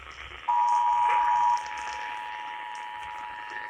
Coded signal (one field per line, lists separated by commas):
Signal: Emergency Alert System (SAME) tones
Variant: 853 and 960 Hz attention tone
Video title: THE 2023 PREMIERE! (EAS Compilation) EAS Alerts from 1/9 - 1/10/2023